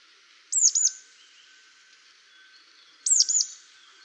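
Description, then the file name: Marsh tit calls: two quick bursts of sharp, high, downslurred notes about two and a half seconds apart, with faint thin whistles from other birds behind. "Poecile palustris"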